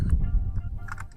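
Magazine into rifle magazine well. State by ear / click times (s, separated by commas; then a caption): seated / 0.9 s. A rifle magazine is stuck into the rifle's magazine well and rocked until it locks during a live-fire demonstration. Over a low rumbling background with a few faint ticks, a sharp click at 0.9 s is followed closely by a second one, and the magazine is locked in place.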